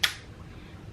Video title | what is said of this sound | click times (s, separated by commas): CITY SELECT - STROLLER REVIEW - BABY JOGGER | and then you're going to want to hear click | 0.0 s